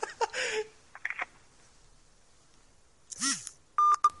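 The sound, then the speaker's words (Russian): Telephone keypad (DTMF) tones as a telephone number is dialed sound near the end: two short, steady electronic beeps in quick succession, after several scattered clicks and brief hissy bursts of handling noise. No one speaks. “Тут правда можно ничего не говорить, просто звонить.”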